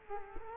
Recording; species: mosquito wingbeat signal from an infrared sensor; Culex quinquefasciatus